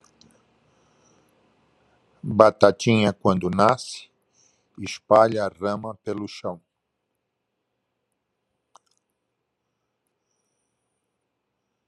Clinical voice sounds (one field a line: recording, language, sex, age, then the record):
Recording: short text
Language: Brazilian Portuguese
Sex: male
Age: 70 to 79 years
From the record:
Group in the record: control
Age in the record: 71 years